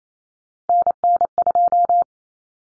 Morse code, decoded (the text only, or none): NN2